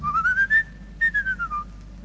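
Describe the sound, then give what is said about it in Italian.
A person whistles a birdlike tune imitating a blackbird, a clear tone gliding upward in short pulses, holding a steady note, then sliding back down, over a low continuous backing hum. “Su quel ramo del lago di Como c'è un merlo che fa. Quando fischia il suo pomo d'Adamo saltella quella.”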